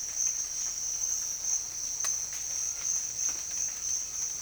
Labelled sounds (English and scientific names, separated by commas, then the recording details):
none
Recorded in dense forest near Puerto Asís, Putumayo, Colombia, on 20 December 2024 at 06:30
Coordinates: 0.484, -76.325
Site G056